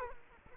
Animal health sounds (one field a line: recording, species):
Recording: mosquito wingbeat signal from an infrared sensor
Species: Culex quinquefasciatus